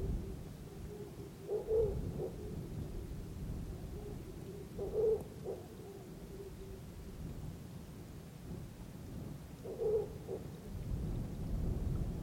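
A deep, steady rumble of wind and thunder fills the background while a hooting call sounds three times, near 2, 5 and 10 seconds.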